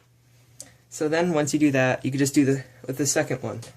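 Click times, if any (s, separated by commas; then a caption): 0.6 s. White plastic retention tabs on a motherboard DIMM slot are pushed up over the notch on a RAM memory stick to lock it, giving a single short tick at 0.6 s. Someone then talks. The RAM module is locked and seated in the slot.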